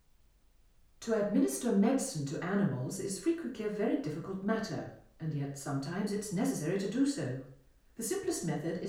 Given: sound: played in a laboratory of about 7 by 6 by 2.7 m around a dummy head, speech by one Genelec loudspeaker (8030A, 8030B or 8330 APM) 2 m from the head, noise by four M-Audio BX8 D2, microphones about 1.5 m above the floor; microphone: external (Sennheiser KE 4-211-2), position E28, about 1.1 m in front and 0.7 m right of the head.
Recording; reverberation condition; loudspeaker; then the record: female speech in English; medium; behind (180 degrees)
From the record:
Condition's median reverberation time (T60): about 510 ms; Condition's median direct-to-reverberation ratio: about -0.5 dB